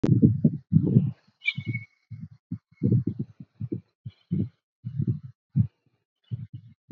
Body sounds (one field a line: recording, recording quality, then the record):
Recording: deep breathing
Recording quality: poor, much background noise or distortion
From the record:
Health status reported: COVID-19 positive, mild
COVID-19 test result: positive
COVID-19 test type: RT-PCR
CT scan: not taken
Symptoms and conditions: fever, loss of smell and taste, diabetes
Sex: male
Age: 28 years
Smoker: yes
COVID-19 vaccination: both doses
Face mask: worn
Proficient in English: yes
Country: India